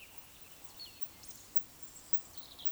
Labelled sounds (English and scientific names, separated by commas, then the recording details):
Eurasian Woodcock (Scolopax rusticola) whistle, Eurasian Woodcock (Scolopax rusticola) croak
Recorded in Baden-Württemberg, Germany, on 11 June 2021 at 19:54 UTC
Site 24608, 624 m above sea level